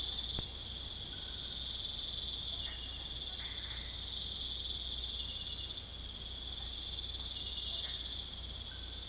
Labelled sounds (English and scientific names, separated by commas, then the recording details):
none
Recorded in secondary vegetation near Puerto Asís, Putumayo, Colombia, on 16 December 2024 at 19:30
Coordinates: 0.468, -76.324
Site G095